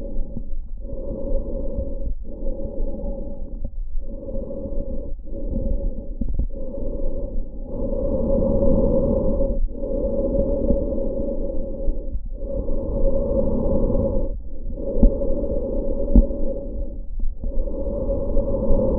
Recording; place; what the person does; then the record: lung sounds by stethoscope; trachea; quiet breathing, then deep breathing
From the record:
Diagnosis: COPD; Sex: male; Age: 70 years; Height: 183 cm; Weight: 116 kg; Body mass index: 34.6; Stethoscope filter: diaphragm mode